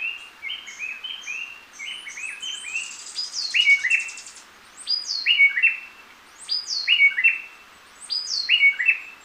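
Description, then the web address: Gray-breasted wood-wren singing whistled phrases, with a higher, sharper note group repeated about every one and a half seconds and a brief buzzy rattle. Lower subtropical zone, Ecuador. "Birds of Ecuador. Gray-breasted Wood-Wren"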